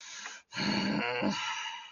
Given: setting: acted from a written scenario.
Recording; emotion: vocal sound without words; anger